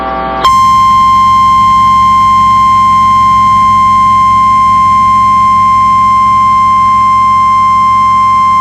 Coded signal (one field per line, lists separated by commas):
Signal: Emergency Alert System (SAME) tones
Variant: 1050 Hz attention tone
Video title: Severe Thunderstorm Warning on 94.1 KOPR-FM Butte, MT (8/20/24) (EAS #4,977)